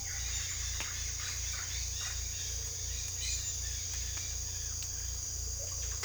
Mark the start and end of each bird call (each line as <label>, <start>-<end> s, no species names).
bird call, 0.04-1.73 s
bird call, 3.18-3.52 s
bird call, 5.52-6.00 s